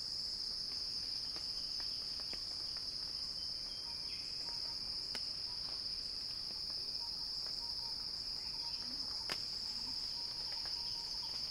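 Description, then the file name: Cicada drones on in a flat, piercing buzz without pause; a few sharp clicks and faint lower notes sound beneath. Recording titled as a cicada crescendo. "earth-fm Axel-Drioli Cicada-Crescendo-Sounding-Wild"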